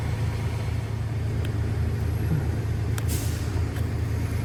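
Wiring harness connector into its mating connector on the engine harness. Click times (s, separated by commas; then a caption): 3.0 s. After the crank no-start fault on a 2016 Ford Fusion with a replaced engine is fixed, a wiring harness connector is pushed back into its mating connector on the engine harness over a steady low hum. A short, sharp click sounds at 3.0 s as the tension bar inside locks in and grabs it, and the connector is seated.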